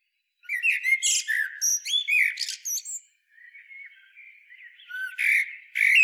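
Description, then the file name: Common blackbird singing: whistled notes mixed with sharp squeaky high flourishes, then a soft twittering passage and a louder closing phrase. "Turdus merula"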